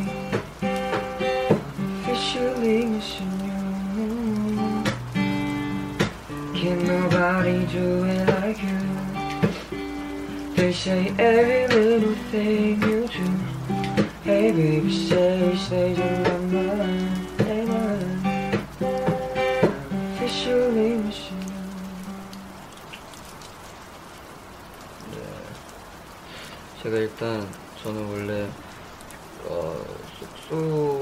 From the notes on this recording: playing the guitar and singing while it's raining